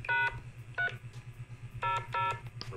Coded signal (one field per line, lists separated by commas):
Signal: DTMF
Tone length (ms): 170 ms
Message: #300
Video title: vox repeater with dtmf functions